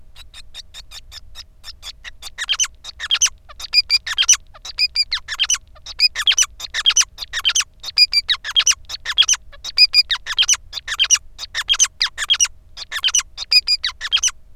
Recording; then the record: song of a male Bengalese finch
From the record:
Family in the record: son of father 5